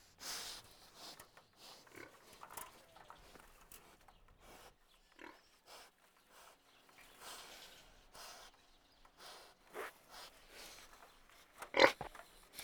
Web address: pig grunt and sniff